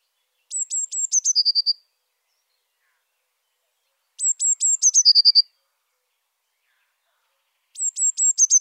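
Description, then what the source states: Eurasian blue tit gives three repeated song phrases, high slurred notes running into a short lower trill, spaced roughly every three and a half seconds. Saint-Michel-l'Observatoire.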